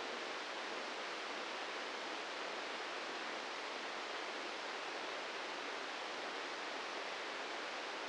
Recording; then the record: brain microelectrode recording played as sound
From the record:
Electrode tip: inside the subthalamic nucleus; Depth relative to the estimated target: 1 mm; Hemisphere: left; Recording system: NeuroSet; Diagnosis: Parkinson's disease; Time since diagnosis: 15 years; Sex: male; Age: 65 years